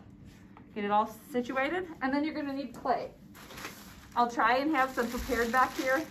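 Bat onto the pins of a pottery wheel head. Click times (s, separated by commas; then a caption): 0.6 s. A pottery bat, set textured side up onto a pottery wheel head, is pressed down so its pins lock into place. A single short knock at 0.6 s marks it seating, and then someone talks. The bat is locked onto the wheel-head pins.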